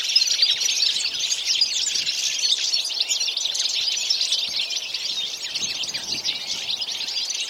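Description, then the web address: Birds chirping in a dense chorus of quick, irregular high notes, continuous throughout. "Deverinetal"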